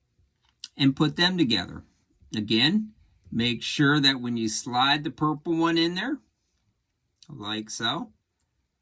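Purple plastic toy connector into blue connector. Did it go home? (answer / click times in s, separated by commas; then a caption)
no / none. A purple plastic construction-toy connector is being slid into a blue connector while someone talks, with a faint tap near 0.6 s. The clip ends just before the part goes home, and nothing has seated or clicked yet.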